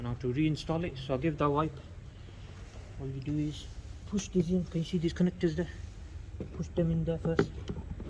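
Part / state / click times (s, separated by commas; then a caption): plastic connectors on the cabin air filter housing, pushed into their mounts / not seated / none. While refitting the cabin air filter housing on a BMW E60 5 Series after wiping it, the plastic connectors on the housing are handled and pushed into their mounts as someone talks throughout. Nothing has seated or clicked yet.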